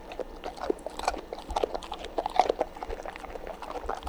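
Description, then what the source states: Dog chewing, with quick uneven crunching clicks and smacks in a steady stream. Dog eating and chomping.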